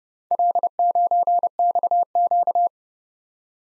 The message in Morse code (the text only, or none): L9XQ